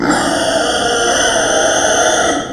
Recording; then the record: squeal of a Yucatan mini pig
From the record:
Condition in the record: before surgery on the right vocal fold (resection and tissue-engineered implant); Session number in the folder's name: 3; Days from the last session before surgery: 0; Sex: female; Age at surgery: 19 weeks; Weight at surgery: 25 kg